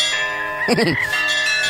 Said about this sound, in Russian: Маэстро, сегодня воскресенье. Будьте добры, колокольный звон.